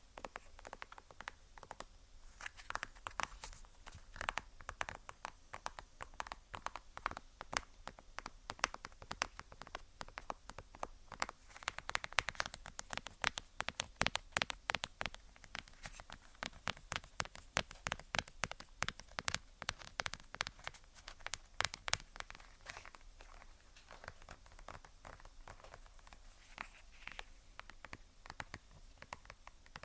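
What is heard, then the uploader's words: Fingertips or nails tap on beauty product containers in quick, dense bursts, a steady crisp pattering like rain on a hard surface. The taps are bright, crowding together most thickly in the middle and thinning slightly toward the end, over a quiet low hum. ASMR Tapping On Beauty Products.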